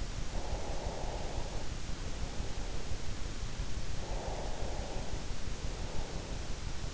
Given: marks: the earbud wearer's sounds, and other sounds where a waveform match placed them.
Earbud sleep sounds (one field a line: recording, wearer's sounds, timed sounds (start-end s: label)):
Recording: sounds in sleep by an in-ear microphone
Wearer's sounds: breath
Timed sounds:
0.16-2.74 s: breath
3.96-6.69 s: breath